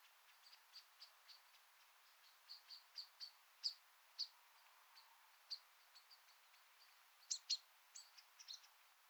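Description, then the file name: Common blackbird calls: scattered sharp, high clicking notes, sometimes in quick pairs, with a louder burst near the end, over quiet background hiss. "Turdus merula"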